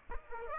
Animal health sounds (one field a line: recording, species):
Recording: mosquito wingbeat signal from an infrared sensor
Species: Aedes aegypti